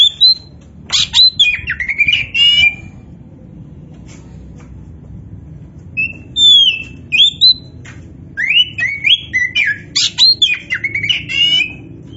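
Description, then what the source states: Oriental magpie-robin singing rapid, varied phrases of sweet slurred whistles mixed with harsh chatter, with a quiet gap midway before a lively, busy run of notes. Indonesian name kacer poci; described as gacor, singing vigorously and continuously.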